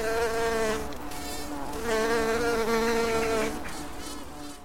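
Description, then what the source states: Bumblebee buzz, a continuous low droning hum that wavers and swells in loudness before tailing off. Black bumblebee, recorded 16 April 2010.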